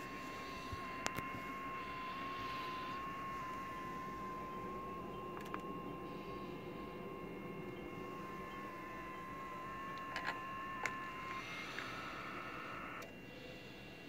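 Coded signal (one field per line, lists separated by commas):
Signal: FT8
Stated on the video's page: FT8 signal on 40m, worked from a station using an IC-7600, SPE Expert 1.3K-FA amplifier and a 40m dipole.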